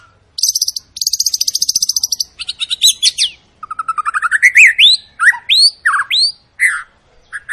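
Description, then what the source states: White-rumped shama song: long buzzy high trills, then a rising rippling series and loud up-slurred whistles in quick succession. Long continuous lure song of a vigorously singing (gacor) bird, used to prompt other shamas to sing.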